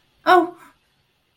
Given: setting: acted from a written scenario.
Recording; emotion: vocal sound without words; distress